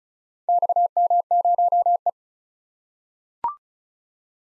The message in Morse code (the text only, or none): XM0E